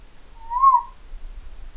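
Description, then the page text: Boreal owl call: one clear whistled note lasting about half a second, steady near its peak then slightly falling, with a faint overtone above; quiet low rumble underneath. Utah. "Boreal Owl. by Jeff Cooper"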